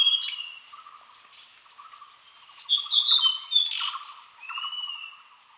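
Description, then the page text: Hill blue flycatcher giving one rich, rapid warbled phrase of high sliding notes, then a brief thin whistle, against a continuous high insect whine and faint low pulses. "Hill Blue Flycatcher Song. Quick Sounds"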